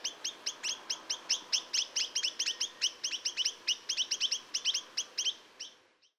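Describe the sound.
Chinese nuthatch giving a rapid series of short, high nasal notes in quick, uneven succession.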